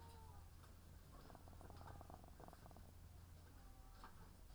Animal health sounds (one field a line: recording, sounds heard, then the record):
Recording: poultry house recording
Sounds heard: sick chickens (respiratory disease)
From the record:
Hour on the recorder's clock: 17